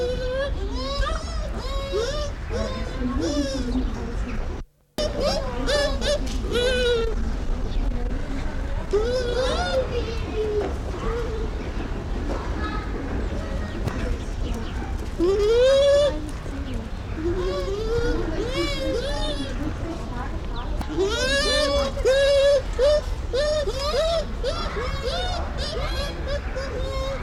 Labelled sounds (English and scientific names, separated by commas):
Bush Dog (Speothos venaticus)